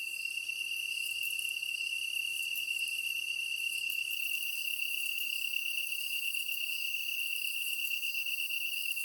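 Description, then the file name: Kantan tree cricket gives a continuous, even, ringing trill throughout, with a hiss of other insects higher up. Recorded on 23 August 2010 at 21:22. "kantan-20100823-2122"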